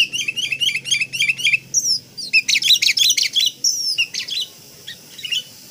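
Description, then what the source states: Sooty-headed bulbul song: a rapid run of short chirps, then a busier jumble of bright notes and sharp clicks that thin out toward the end. Given the local name kutilang.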